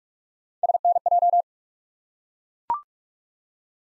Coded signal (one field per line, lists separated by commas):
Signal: Morse code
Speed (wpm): 42 wpm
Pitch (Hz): 700 Hz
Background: none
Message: SNJ